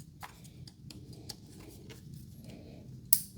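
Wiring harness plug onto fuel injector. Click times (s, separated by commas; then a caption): 3.1 s. A wiring harness plug is pushed onto a fuel injector, with a few faint ticks and handling noises over a low background rumble before it seats with one sharp, loud click at 3.1 s. The connector is confirmed clicked in.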